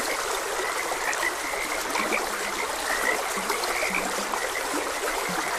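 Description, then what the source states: Frogs croaking in short, low, grunting notes at irregular intervals, partly masked by the steady rushing and trickling of a stream. Frogs croaking beside a gentle stream.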